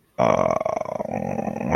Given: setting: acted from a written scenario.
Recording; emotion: vocal sound without words; desire